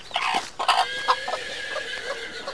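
Several hens cluck in a henhouse on a farm, their short, mid-pitched calls overlapping in a busy, uneven chatter that carries on steadily with no voices.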